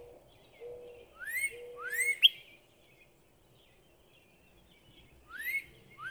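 Northern cardinal song: rising whistled slurs with a sharp accented note, then a pause before two more upslurs; low flat whistled tones sound early on.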